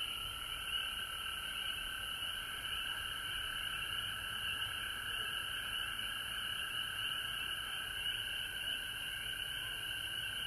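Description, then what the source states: Steady frog chorus, a bright high trill band and a lower tone holding evenly from start to end. Frogs recorded at home in Georgia on March 19, 2020.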